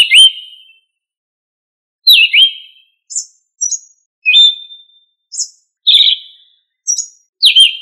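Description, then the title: Thrush giving rich downslurred whistles and scattered high, thin notes in spaced phrases, one long pause near the start, background silent. "Familia Turdidae - Sabia"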